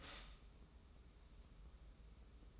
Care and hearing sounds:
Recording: daily activity, microphone in the room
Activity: stop toaster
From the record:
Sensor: 1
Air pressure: 994.5 hPa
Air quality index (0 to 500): 225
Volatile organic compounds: 1000 ppm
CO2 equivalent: 8073 ppm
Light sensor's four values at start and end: 138/317/141/155 and 138/317/141/155

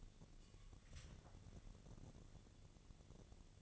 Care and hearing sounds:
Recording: daily activity, microphone in the room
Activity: take from stove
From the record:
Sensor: 4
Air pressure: 1000.8 hPa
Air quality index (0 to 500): 126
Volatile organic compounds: 1 ppm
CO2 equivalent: 948 ppm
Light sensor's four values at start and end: 41/99/42/46 and 40/98/41/45

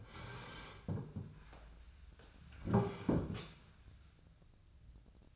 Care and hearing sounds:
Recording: daily activity, microphone in the room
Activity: sit down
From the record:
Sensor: 2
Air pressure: 1015.1 hPa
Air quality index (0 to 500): 155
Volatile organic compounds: 7 ppm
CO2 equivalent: 2007 ppm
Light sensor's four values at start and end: 13/35/13/15 and 13/35/13/15

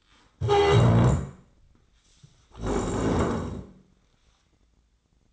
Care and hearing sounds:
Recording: daily activity, microphone in the room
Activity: stand up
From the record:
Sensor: 3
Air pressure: 1012.3 hPa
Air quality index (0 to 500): 175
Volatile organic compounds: 3 ppm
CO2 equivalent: 1340 ppm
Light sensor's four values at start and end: 90/220/98/120 and 67/162/74/80

